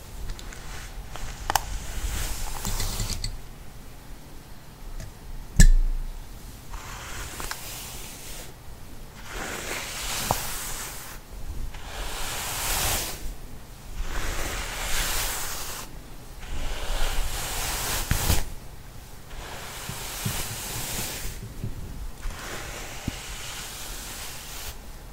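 Hair being brushed in slow, regular strokes, each a bright, bristly swish lasting a second or two, with short pauses between them. A sharp tap sounds near the five-second mark and another around eighteen seconds, over a faint steady low hum.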